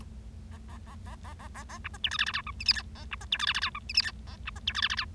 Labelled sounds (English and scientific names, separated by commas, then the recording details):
Bengalese Finch (Lonchura striata domestica) song
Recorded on 25 March 2012 at 11:56
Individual gy6or6